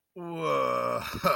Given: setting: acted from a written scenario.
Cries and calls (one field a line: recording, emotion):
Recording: vocal sound without words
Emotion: awe